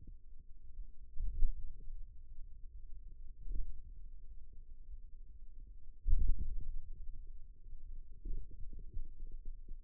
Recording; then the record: forearm muscle sounds (acoustic myography)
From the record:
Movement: wrist flexion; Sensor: system 2, bracelet of six BSWA MPA416 microphones around the upper forearm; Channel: 2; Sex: male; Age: 22 years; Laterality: right